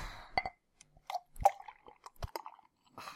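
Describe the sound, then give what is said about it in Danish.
A beer is opened and poured: a short fizzy hiss, then a scatter of sharp clicks, wet plops and squishy liquid sounds, with no one talking. “Vi skal lige have en øl mere.”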